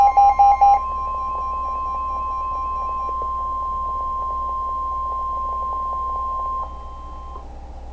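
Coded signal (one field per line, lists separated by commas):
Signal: Emergency Alert System (SAME) tones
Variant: 1050 Hz attention tone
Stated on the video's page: Three Severe Thunderstorm Warnings received on NOAA Weather Radio.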